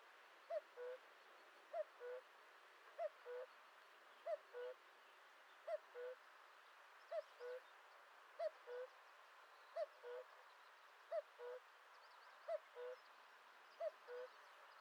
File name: Le coucou